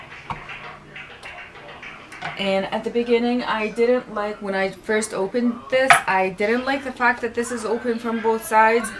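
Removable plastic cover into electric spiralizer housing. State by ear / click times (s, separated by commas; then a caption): seated / 0.3 s. The washable, removable plastic cover of a Hamilton Beach 3-in-1 Electric Spiralizer, taken off so only it gets washed while the unit stays dry, is pressed back onto the housing. It snaps into place with a short, sharp click at 0.3 s, seating firmly. Someone then talks over the quiet background.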